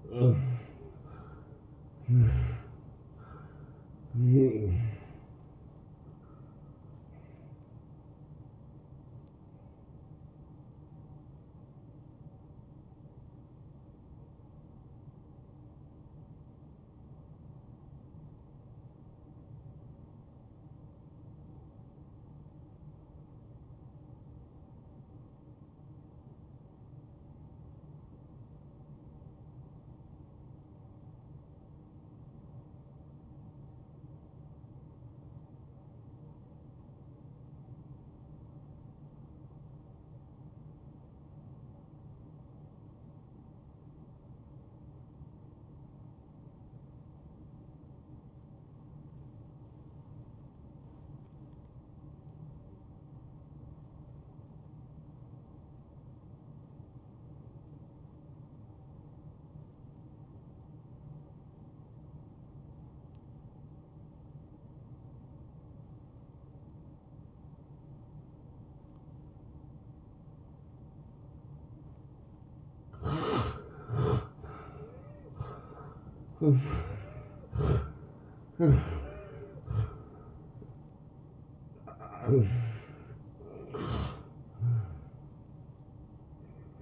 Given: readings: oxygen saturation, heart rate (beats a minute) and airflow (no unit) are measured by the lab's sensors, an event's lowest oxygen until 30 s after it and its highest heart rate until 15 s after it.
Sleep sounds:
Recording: breathing in sleep by a smartphone at the bedside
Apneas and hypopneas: 1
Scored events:
18.00-78.00 s: new sleep stage, N2 (light sleep)
19.00-73.30 s: obstructive apnea (N2, oxygen 95% highest, then 80% lowest, heart rate 66 at the start, 83 highest)
78.00-86.82 s: new sleep stage, N1 (lightest sleep)
From the record:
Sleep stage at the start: N1 (lightest sleep)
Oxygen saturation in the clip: 83 to 95%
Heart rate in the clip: 59 to 83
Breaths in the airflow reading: 9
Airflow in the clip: -19.1 to 10.2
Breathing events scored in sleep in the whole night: 263 in 5.5 hours asleep

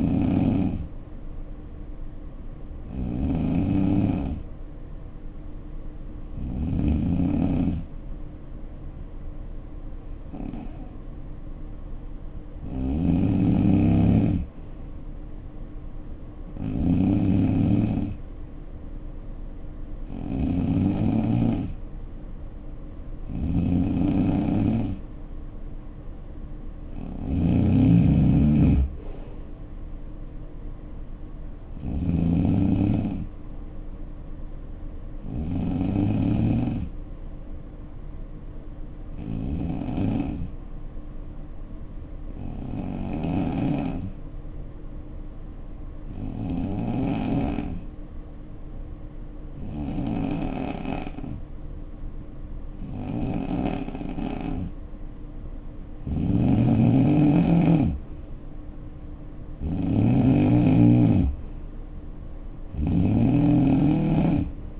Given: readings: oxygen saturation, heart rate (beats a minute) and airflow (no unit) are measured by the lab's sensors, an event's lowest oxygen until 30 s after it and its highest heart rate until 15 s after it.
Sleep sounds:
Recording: breathing in sleep by a smartphone at the bedside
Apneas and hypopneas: 2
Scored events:
6.00-24.30 s: hypopnea (N3, oxygen 92% highest, then 90% lowest, heart rate 62 at the start, 65 highest)
15.00-64.80 s: new sleep stage, N2 (light sleep)
39.00-57.70 s: hypopnea (N2, oxygen 93% highest, then 84% lowest, heart rate 57 at the start, 67 highest)
From the record:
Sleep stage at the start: N3 (deep sleep)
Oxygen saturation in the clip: 87 to 93%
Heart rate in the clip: 57 to 67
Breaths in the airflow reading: 18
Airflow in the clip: -8.6 to 5.0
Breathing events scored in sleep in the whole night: 520 in 7.2 hours asleep

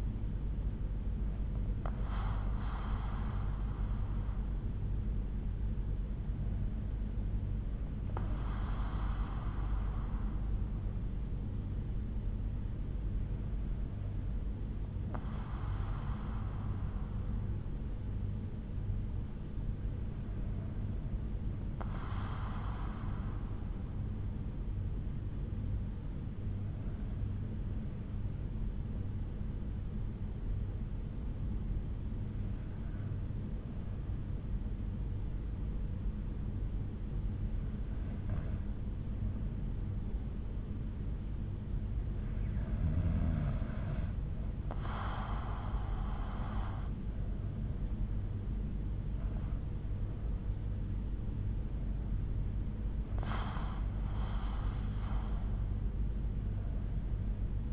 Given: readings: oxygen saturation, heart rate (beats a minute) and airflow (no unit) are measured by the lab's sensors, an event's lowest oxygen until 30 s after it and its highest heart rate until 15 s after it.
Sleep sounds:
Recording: breathing in sleep by a smartphone at the bedside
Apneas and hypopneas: 1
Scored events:
7.00-43.50 s: hypopnea (N1, oxygen 95% highest, then 91% lowest, heart rate 62 at the start, 69 highest)
11.00-41.00 s: new sleep stage, N2 (light sleep)
41.00-57.72 s: new sleep stage, N1 (lightest sleep)
From the record:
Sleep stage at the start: N1 (lightest sleep)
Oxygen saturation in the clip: 91 to 95%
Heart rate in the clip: 57 to 69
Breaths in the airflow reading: 11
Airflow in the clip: -7.5 to 7.1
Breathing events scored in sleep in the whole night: 368 in 8.0 hours asleep

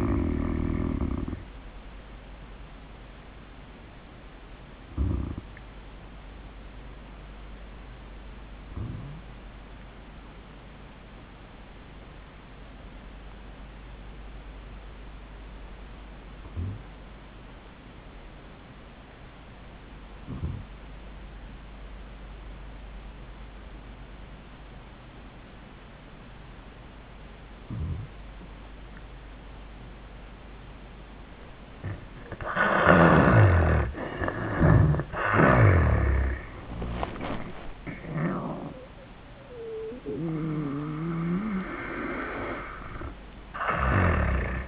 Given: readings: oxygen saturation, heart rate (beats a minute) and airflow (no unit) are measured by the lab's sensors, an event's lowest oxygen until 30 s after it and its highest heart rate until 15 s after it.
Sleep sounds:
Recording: breathing in sleep by a voice recorder at the bedside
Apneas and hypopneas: 1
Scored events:
3.00-32.90 s: hypopnea (N1, oxygen 97% highest, then 78% lowest, heart rate 83 at the start, 93 highest)
9.00-39.00 s: new sleep stage, N2 (light sleep)
39.00-44.68 s: new sleep stage, N1 (lightest sleep)
From the record:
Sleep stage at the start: N1 (lightest sleep)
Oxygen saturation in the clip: 80 to 97%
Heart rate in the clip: 73 to 95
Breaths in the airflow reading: 6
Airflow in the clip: -16.4 to 11.8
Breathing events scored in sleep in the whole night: 400 in 8.7 hours asleep

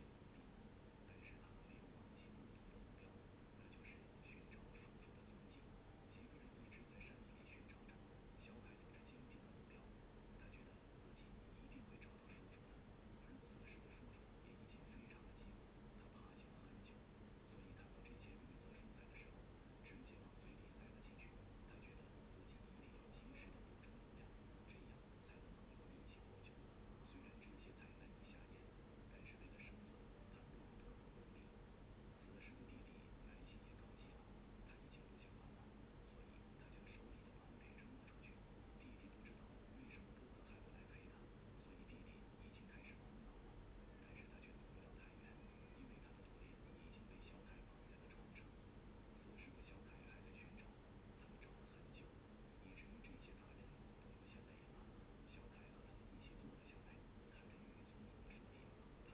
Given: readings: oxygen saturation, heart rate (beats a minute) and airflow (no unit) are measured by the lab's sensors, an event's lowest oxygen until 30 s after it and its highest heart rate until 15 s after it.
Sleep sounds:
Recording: a person awake in a sleep study, by a voice recorder at the bedside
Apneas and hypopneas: none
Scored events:
0.00-59.14 s: awake
From the record:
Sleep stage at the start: awake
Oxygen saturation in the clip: 93 to 96%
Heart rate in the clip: 73 to 81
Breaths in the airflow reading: 15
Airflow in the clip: -5.7 to 6.3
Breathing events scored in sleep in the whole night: 131 in 7.2 hours asleep

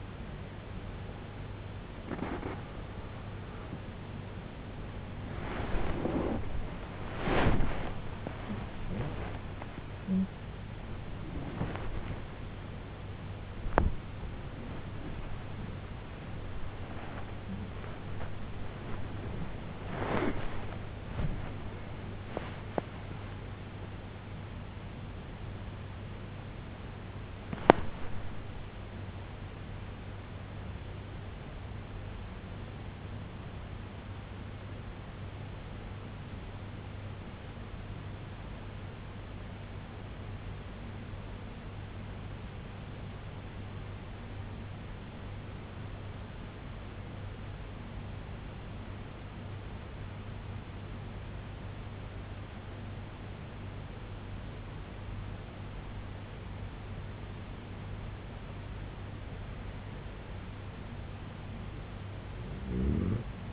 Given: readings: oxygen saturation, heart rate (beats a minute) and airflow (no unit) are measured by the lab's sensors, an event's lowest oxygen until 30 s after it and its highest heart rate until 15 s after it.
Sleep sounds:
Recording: breathing in sleep by a voice recorder at the bedside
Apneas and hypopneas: 1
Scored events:
3.00-33.00 s: new sleep stage, awake
8.00-36.00 s: awake
33.00-63.52 s: new sleep stage, N1 (lightest sleep)
36.00-55.70 s: hypopnea (N1, oxygen 97% highest, then 87% lowest, heart rate 79 at the start, 79 highest)
From the record:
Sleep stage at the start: N2 (light sleep)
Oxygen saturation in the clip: 88 to 97%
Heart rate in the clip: 68 to 101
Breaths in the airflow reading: 14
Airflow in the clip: -12.6 to 17.6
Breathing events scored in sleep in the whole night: 258 in 7.4 hours asleep

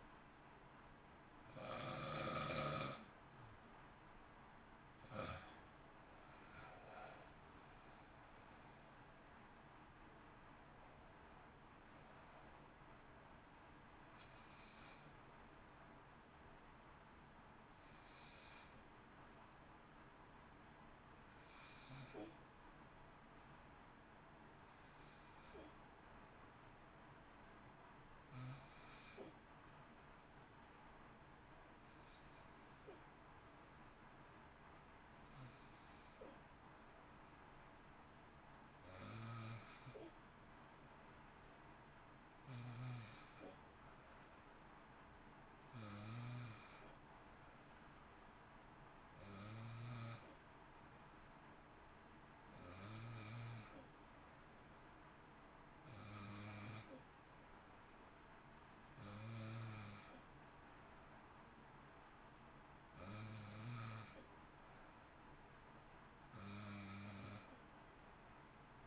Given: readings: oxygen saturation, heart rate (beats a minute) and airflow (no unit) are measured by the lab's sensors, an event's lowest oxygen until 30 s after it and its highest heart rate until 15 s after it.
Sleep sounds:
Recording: breathing in sleep by a voice recorder at the bedside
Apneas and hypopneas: 1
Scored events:
7.00-37.00 s: new sleep stage, N1 (lightest sleep)
34.00-64.70 s: hypopnea (N1, oxygen 96% highest, then 93% lowest, heart rate 56 at the start, 58 highest)
37.00-68.87 s: new sleep stage, N2 (light sleep)
From the record:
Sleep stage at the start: N2 (light sleep)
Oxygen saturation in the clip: 91 to 96%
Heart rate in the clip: 54 to 65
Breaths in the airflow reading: 25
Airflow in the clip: -1.1 to 1.5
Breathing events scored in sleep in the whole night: 328 in 6.3 hours asleep

